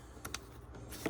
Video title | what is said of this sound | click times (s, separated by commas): HOW TO REPLACE HEAD LIGHT BULB TOYOTA SEQUOIA & TUNDRA | Slide it in there until it snaps. I should say clicks, maybe not snaps. | 0.2 s, 0.3 s